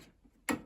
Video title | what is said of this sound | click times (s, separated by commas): It started out as a simple job, swap out the power switch, then this happened! | right so the switch goes back in again snaps into place | 0.5 s